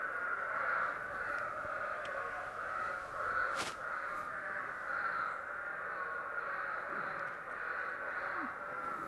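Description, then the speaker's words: Spadefoot toads calling together in a steady din of overlapping notes, with one brief sharp click. Explosive breeders that all come out and breed quickly at the same time, so rarely heard singly or in pairs; no territoriality. "It's very rare that you hear one spade foot out there or just a couple, because again, they are explosive breeders."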